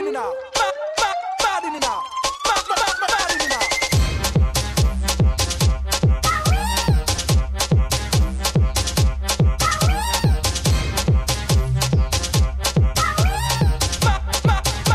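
Friday evening at the St Savin bowling alley, with loud electronic dance music playing. For about four seconds a tone sweeps steadily upward over quick ticking, then a heavy bass kick enters with a fast, regular beat, crisp hi-hats and a chirping figure every few seconds.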